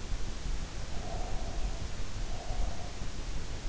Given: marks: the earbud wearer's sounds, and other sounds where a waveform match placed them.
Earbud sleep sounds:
sounds in sleep by an in-ear microphone; breath
0.97-3.09 s: breath

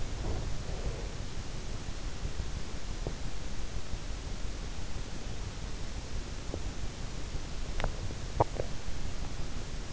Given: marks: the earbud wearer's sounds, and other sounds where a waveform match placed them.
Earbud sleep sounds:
sounds in sleep by an in-ear microphone; breath, swallowing
0.00-1.16 s: breath
7.69-8.90 s: swallowing

